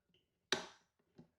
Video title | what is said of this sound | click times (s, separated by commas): How to Assemble Your Limber Desk - Step-by-Step Guide | Oh, satisfying. Click number one. | 0.5 s